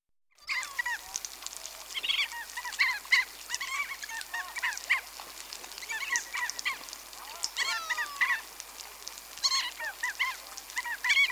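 Crab-plover flock calling: many short, harsh, chevron-shaped notes overlapping in a busy chorus throughout, with a steady hiss of background noise.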